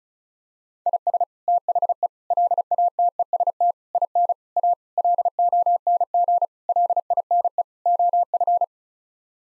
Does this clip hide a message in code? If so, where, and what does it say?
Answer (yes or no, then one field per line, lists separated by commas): yes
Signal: Morse code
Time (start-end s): 0.9-8.6 s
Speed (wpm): 36 wpm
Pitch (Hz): 700 Hz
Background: none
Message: IS THE LATEST IN A LONG LINE OF